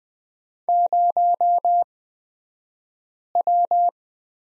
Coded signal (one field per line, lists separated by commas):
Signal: Morse code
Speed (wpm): 20 wpm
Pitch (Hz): 700 Hz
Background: none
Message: 0W